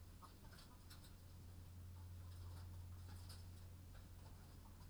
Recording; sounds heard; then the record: poultry house recording; sick chickens (respiratory disease)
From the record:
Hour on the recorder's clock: 22